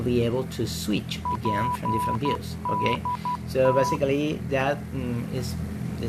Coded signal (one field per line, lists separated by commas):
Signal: Morse code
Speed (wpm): 12 wpm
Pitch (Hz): 990 Hz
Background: speech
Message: PDT